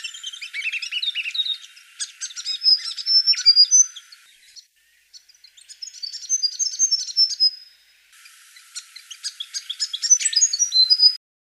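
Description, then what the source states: Grey fantail giving a quick, high, tinkling twitter of squeaky chips and brief whistled phrases, in three bursts separated by short pauses. Garden bird in Canberra.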